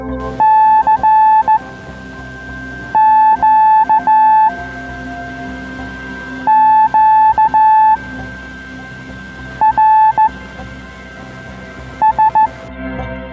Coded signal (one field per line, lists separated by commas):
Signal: Morse code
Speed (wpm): 15 wpm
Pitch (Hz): 870 Hz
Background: music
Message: C Q Q R S